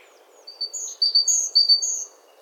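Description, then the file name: Great tit calling with a short string of sharp, high thin notes against a constant soft background noise. "Parus major"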